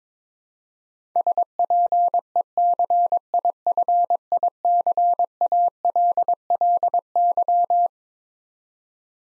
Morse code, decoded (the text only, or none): SPECIFICALLY